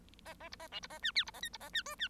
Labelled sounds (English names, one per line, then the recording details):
Bengalese Finch song
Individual Bird1